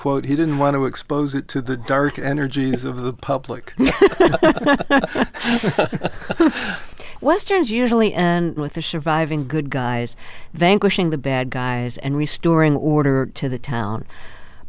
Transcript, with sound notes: He didn't want to expose it to the "dark energies of the public."
(LAUGHTER)
Westerns usually end with the surviving good guys vanquishing the bad guys and restoring order to the town.